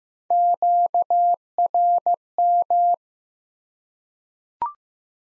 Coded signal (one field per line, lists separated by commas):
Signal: Morse code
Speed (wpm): 15 wpm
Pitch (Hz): 700 Hz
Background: none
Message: QRM